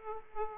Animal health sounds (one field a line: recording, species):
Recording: mosquito wingbeat signal from an infrared sensor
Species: Aedes aegypti